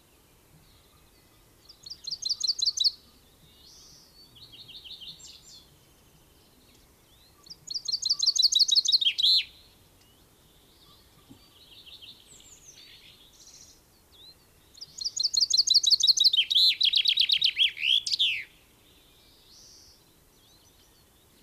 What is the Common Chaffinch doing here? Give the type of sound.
song